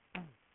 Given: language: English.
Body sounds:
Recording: throat vibration sensor signal played as sound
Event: throat clearing

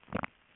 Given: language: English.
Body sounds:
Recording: throat vibration sensor signal played as sound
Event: swallow

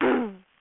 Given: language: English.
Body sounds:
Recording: throat vibration sensor signal played as sound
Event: throat clearing

